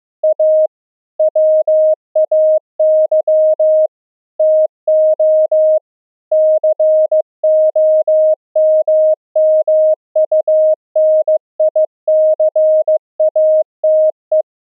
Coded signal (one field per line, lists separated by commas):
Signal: Morse code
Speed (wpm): 15 wpm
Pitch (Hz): 620 Hz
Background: none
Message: A WAY TO COMMUNICATE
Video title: Pulse Density Modulation Morse Code, TRANSMIT & RECEIVE demo on LF band @64Khz - saves BATTERY DRAIN